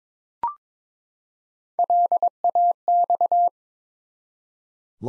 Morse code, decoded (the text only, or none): LAX